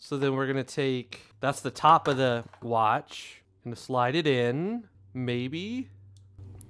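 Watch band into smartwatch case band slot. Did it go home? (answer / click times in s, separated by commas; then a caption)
yes / 6.6 s. Someone talks while sliding the top half of a watch band into the band slot on an Apple Watch Series 10 case. The band locks in place with a sharp, audible click at 6.6 s.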